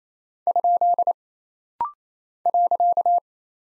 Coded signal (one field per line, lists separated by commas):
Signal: Morse code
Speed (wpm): 27 wpm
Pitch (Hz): 700 Hz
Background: none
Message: ? .